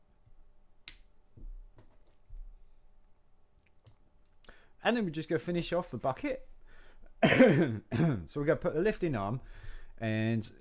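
A smaller plastic tire is pushed onto the front axle of a toy-brick vehicle, giving one sharp snap at 0.9 s as it seats, followed by a few faint clicks. Someone then talks.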